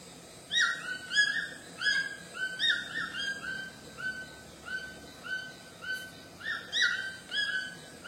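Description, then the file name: White-throated toucan giving loud yelping notes, each rising then levelling off, repeated in a series with brief gaps. "canto do tucano grande de papo branco"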